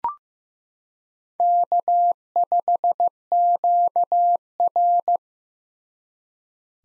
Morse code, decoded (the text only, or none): K5QR